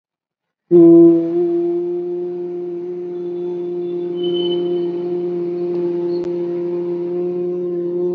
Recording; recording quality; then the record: sustained vowel as in boot; excellent, no background noise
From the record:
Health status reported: recovered from COVID-19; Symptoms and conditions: none ticked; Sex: male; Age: 25 years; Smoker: not ticked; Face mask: not worn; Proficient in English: yes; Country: India